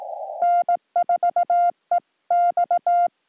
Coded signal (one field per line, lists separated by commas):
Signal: Morse code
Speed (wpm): 18 wpm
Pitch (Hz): 700 Hz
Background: music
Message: N4EX